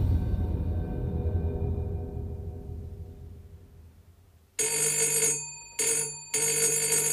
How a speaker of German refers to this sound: Träume, aus denen sie jetzt hartnäckiges Türklingeln weckte.